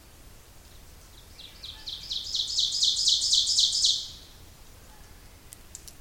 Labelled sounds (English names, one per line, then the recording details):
Ovenbird song
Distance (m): 15 m
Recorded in boreal forest in Alberta, Canada, on 26 May 2016 at 07:47
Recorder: SongMeter 3, array SBT-3-15
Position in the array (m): 53 m, 221 m
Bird 20